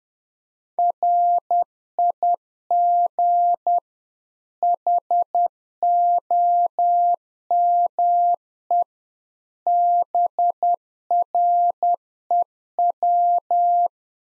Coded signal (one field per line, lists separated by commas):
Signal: Morse code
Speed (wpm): 10 wpm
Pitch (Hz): 700 Hz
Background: none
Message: RIG HOME BREW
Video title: Practice QSO - Complete One-Sided - 10wpm